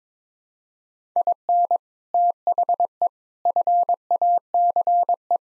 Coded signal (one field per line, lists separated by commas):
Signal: Morse code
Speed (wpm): 22 wpm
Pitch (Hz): 700 Hz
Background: none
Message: IN THE FACE